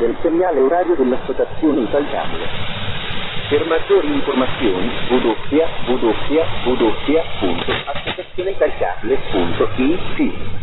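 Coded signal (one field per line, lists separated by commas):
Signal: speaking clock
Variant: male voice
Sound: a male voice speaking steadily through shortwave hiss, with no pips or ticks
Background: radio static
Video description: Voice time announcements are made (in a male voice) every minute, with longer station identification announcements and CW (morse) station ID, each quarter-hour.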